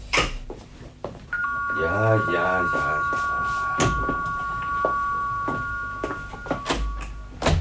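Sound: doorbell ringing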